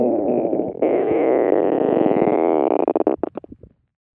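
A stomach rumble, a gurgling growl from the intestines made by air moving through the digestive system.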